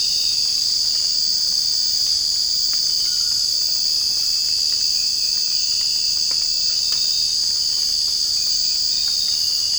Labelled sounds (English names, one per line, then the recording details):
none
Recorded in secondary vegetation near Puerto Asís, Putumayo, Colombia, on 8 March 2025 at 01:00
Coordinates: 0.502, -76.326
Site G100